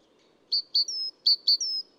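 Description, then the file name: Great tit song: two short sharp notes followed by a longer clear whistle, the three-note phrase repeated twice in quick succession, bright and high-pitched. Adult male, singing, single individual. "gtit-major-1-AD-M-S. felgentreu"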